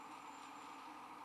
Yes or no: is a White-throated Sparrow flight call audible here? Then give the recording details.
no. No flight call is heard. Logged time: 02:40 on 14 December 2014